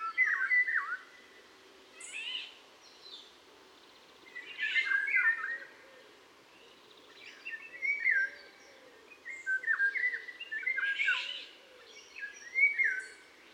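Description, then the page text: European golden oriole calls: irregular bursts of falling whistled notes and scratchy, noisy calls. Family of the nominate subspecies on post-breeding dispersal at an urban site in southern Leipzig, Germany, 12 July 2008. "Urban Orioles – Patrick Franke"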